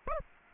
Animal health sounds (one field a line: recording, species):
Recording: mosquito wingbeat signal from an infrared sensor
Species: Aedes aegypti